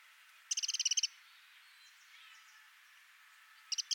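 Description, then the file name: Eurasian wren rattle: about nine quick, hard ticks in half a second, a quiet pause, then another rattle starting at the end. "Troglodytes troglodytes"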